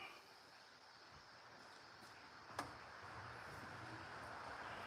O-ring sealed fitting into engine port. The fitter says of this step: And that nice clicked in there.